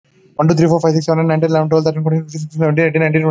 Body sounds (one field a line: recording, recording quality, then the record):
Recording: counting at a fast pace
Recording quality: excellent, no background noise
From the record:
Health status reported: respiratory illness, not identified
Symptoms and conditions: none ticked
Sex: male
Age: 21 years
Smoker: not ticked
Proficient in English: yes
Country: India